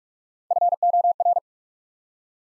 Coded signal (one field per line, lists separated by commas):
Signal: Morse code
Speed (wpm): 44 wpm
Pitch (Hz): 700 Hz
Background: none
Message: FOR